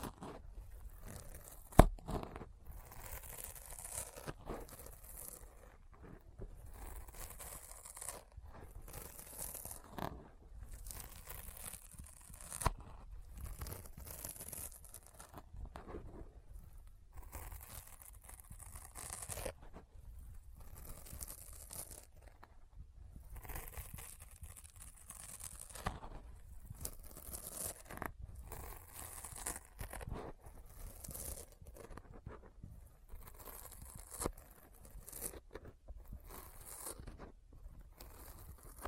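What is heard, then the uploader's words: Sticky finger sounds repeat as quick tearing, crinkly peels at an uneven but steady pace, with one sharp snap near two seconds. ASMR Intense Sticky Finger Sounds (No Talking).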